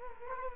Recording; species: mosquito wingbeat signal from an infrared sensor; Culex quinquefasciatus